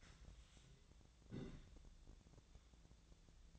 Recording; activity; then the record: daily activity, microphone in the room; take from stove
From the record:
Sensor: 3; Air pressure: 1009.9 hPa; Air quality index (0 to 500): 188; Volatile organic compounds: 14 ppm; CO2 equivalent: 2453 ppm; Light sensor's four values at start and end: 42/103/44/48 and 41/103/44/48